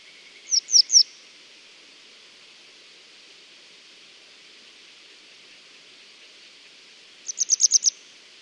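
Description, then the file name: Grey wagtail giving short bursts of sharp, high, thin notes: three quick ticks near the start, then a rapid run of about six after a long quiet gap, with steady background hiss. "kisekirei"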